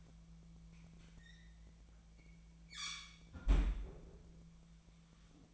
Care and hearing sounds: daily activity, microphone in the room; close fridge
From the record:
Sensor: 1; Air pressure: 1009.6 hPa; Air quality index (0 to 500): 193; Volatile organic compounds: 19 ppm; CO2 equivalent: 2646 ppm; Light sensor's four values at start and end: 31/80/33/40 and 31/80/33/40

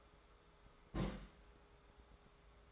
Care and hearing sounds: daily activity, microphone in the room; place on stove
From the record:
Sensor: 3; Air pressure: 1010.3 hPa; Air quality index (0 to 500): 165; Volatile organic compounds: 9 ppm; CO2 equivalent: 2158 ppm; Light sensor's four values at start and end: 50/124/55/60 and 50/124/54/60

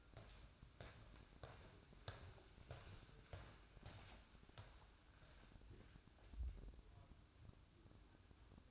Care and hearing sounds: daily activity, microphone in the room; walk to room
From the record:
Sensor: 2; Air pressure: 1008.0 hPa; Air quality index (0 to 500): 116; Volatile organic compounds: 1 ppm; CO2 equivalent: 864 ppm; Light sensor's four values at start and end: 8/18/7/7 and 8/19/8/7

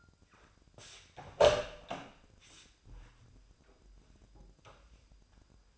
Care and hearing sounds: daily activity, microphone in the room; open door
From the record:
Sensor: 2

